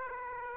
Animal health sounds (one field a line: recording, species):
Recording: mosquito wingbeat signal from an infrared sensor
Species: Aedes aegypti